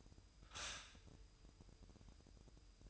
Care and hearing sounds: daily activity, microphone in the room; stop toaster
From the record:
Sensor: 2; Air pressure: 988.4 hPa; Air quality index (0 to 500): 191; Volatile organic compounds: 185 ppm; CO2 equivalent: 4161 ppm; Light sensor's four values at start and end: 20/68/27/25 and 20/68/27/25

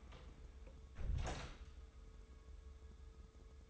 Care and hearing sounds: daily activity, microphone in the room; close door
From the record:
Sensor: 3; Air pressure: 1015.2 hPa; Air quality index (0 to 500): 142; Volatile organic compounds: 7 ppm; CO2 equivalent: 2011 ppm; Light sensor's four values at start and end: 16/40/16/17 and 16/40/16/17

